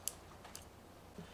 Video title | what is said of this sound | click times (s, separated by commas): How to Update the Firmware on Creality Ender 3 V3 SE - 3D Printer | gently place it into the slot and push it in till it clicks | 0.1 s